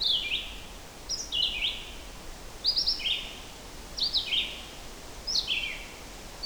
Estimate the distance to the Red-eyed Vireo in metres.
about 10 m